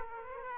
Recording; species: mosquito wingbeat signal from an infrared sensor; Aedes aegypti